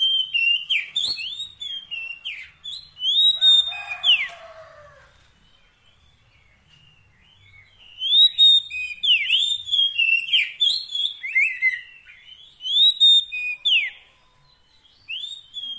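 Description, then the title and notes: Oriental magpie-robin song: long sequences of melodic whistled slurs and chirps, a scratchy rattle near four seconds, then a lull before singing resumes. Long-duration 'isian' fill-in song track, meant to make the kacer sing actively day and night. "Kacer Jadi Gacor Siang Malam. Isian Kacer Durasi Panjang"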